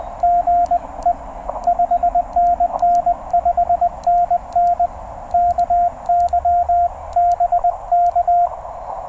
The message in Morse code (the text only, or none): GE 5NN 5NN KY BK